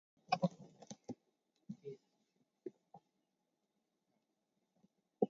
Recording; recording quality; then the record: shallow breathing; poor, much background noise or distortion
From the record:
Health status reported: COVID-19 positive, mild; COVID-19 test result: positive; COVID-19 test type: RT-PCR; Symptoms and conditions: cough, cold, sore throat, fatigue, muscle pain, loss of smell and taste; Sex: male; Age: 26 years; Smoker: no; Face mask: worn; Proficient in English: yes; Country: India